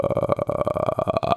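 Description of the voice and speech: A low, sustained vowel breaks into slow, separately heard pulses, giving a crackling, rattling sound like frying. This is deliberately imitated vocal fry, or creaky voice. The arytenoid cartilages in the larynx draw together, so the vocal folds are pressed tightly and become slack and compact. They vibrate irregularly as air passes through the glottis.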